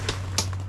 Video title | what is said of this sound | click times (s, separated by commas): [cc]경상도 사투리 난무하는 엄마와의 첫 캠핑 l 호수가 꽁꽁 얼어버린 날 l 로망 실현 실패? l 문수골캠핑장 l 아이두젠반타곤 | J'ai dû exercer plus de force que je ne le pensais pour entendre le "clic". Je n'ai pas eu l'impression qu'il était complètement déployé et il était plus bas que | 0.4 s